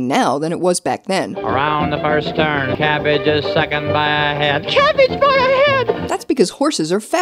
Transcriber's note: horse race announcer sounds